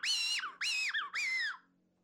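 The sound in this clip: Blue jay giving three screaming distress calls in quick succession, each rising then falling away, followed by quiet.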